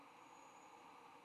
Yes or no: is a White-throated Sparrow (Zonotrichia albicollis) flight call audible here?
no